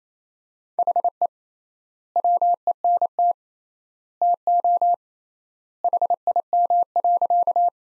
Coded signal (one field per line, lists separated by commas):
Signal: Morse code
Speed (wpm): 27 wpm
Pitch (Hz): 700 Hz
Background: none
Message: HE WENT TO HIM.